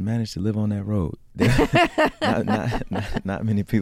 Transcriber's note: laughter